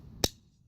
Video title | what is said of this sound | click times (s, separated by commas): MastGate inserts for G1 profiles (S260) | this just snaps into place and locks in | 0.2 s